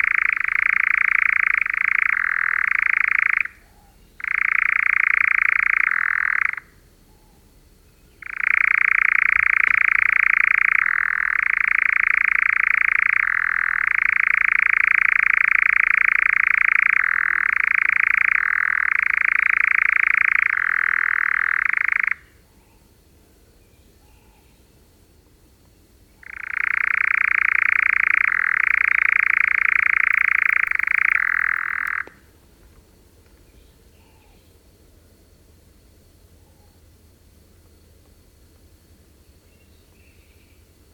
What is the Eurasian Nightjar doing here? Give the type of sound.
call